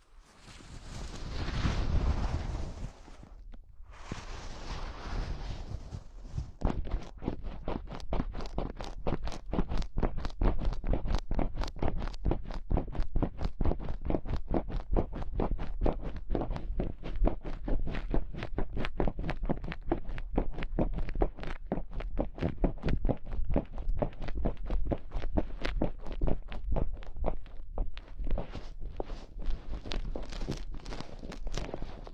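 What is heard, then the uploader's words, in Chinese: Gloves being handled and rubbed, opening with two soft swishing passes separated by a short gap near three seconds. From about six seconds on, a dense, fast run of dry crackling taps and rustles continues steadily to the end. 手套 使用6种不同手套为你耳膜按摩。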